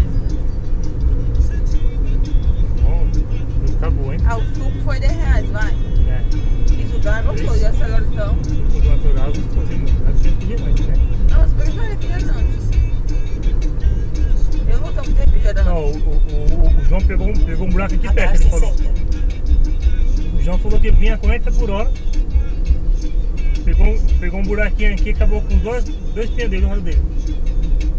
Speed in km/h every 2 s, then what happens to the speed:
87, 85, 83, 86, 89, 89, 81, 77, 71, 67, 62, 62, 62, 61.
0-10 steady at about 86. 10-20 slows to 62. 20-28 steady at about 62.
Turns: none.